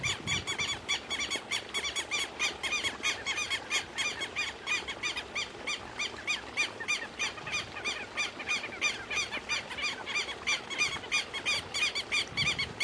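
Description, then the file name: Southern lapwing pouring out continuous, insistent harsh notes throughout, rapid and unbroken, over faint background noise. "canto do quero quero"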